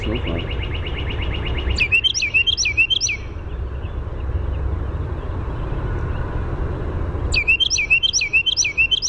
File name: CARW song